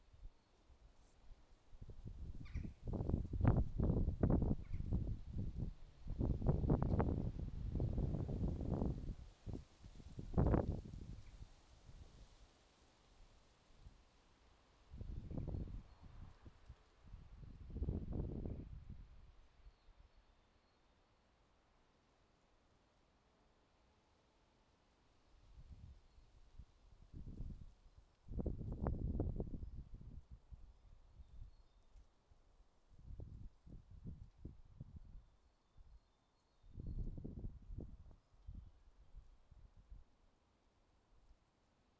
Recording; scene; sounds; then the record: everyday scene through a hearing-aid microphone; wind on the microphone; wind, traffic, birds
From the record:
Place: suburban garden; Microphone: in the ear canal, left